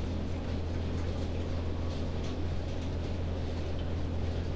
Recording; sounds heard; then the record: poultry house recording; no chicken sound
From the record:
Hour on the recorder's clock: 21